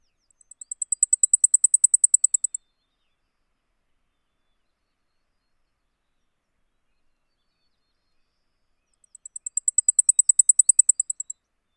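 Blackpoll warbler song: an extremely high, thin series of rapid ticking notes that swells then fades, sung twice about nine seconds apart in silence.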